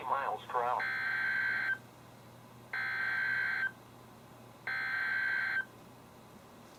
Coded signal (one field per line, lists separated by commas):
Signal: Emergency Alert System (SAME) tones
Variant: header bursts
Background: speech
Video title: EAS #663-#670: More Flooding! | KHB36 & WNG736